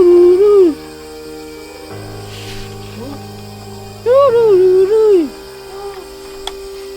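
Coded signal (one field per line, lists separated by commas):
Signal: whistled language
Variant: Khasi jingrwai iawbei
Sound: two brief hummed, sliding melodic calls with pauses between, mid-pitched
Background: steady background hum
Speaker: Can you call Badailang? Yeah. Call her. Yes, here we are in Kongthong. There are 350 plus people, and each people have their own different tune.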